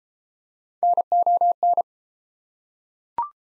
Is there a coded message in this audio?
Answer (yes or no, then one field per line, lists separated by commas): yes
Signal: Morse code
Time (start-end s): 0.8-1.8 s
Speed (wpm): 29 wpm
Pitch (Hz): 700 Hz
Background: none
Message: NON